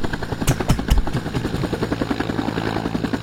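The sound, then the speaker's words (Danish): A Vietnam-era Huey military helicopter flies by fast with a steady, rapid rotor chop, low and throbbing, a few heavier thumps early on before settling into an even pulsing beat with no voices. “Nå, man skulle ikke lige høre helikopteren. Jo, det er da rigtigt, ja. Den er her. Det er heller ikke den. Jo, det er. Det er en Huey's.”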